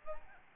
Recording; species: mosquito wingbeat signal from an infrared sensor; Aedes albopictus